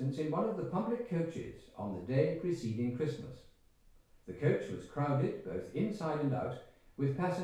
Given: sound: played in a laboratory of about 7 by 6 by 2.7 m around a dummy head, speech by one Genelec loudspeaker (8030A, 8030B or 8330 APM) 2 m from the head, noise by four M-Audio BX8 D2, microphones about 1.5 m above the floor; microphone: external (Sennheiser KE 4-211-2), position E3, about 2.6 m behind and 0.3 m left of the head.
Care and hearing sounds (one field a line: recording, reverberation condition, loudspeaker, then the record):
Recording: male speech in English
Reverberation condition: medium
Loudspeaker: 120 degrees to the left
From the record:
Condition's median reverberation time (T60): about 510 ms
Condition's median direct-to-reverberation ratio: about -0.5 dB